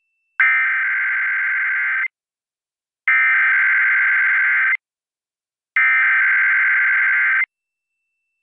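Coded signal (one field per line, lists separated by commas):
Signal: Emergency Alert System (SAME) tones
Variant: header bursts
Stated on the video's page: Required Monthly Tests from NWS Spokane for the Great Shakeout drill, relayed by NOAA Weather Radio, FM stream and TV via satellite receiver.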